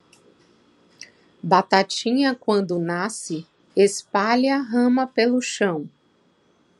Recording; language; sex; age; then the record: short text; Brazilian Portuguese; female; 40 to 49 years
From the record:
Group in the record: control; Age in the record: 45 years